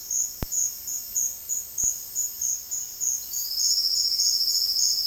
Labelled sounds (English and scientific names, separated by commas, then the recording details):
Silvered Antbird (Sclateria naevia)
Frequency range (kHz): Silvered Antbird (Sclateria naevia) 3.6-6.1 kHz
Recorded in dense forest near Puerto Asís, Putumayo, Colombia, on 19 February 2024 at 08:30
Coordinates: 0.485, -76.322
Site G6406